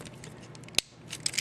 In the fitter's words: that clicks scary this click sounds scary